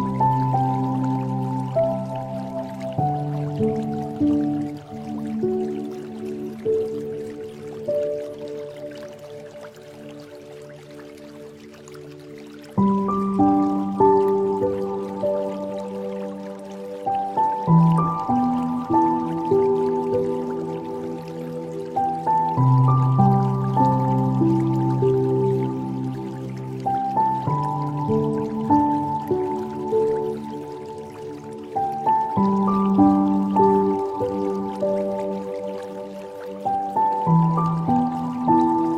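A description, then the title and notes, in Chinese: Slow piano chords ring out over a steady trickle of flowing water. A new chord is struck roughly every five seconds, each left to sustain and fade, while the water's bubbling patter runs underneath throughout, softening briefly around the tenth second. 睡眠钢琴和流水。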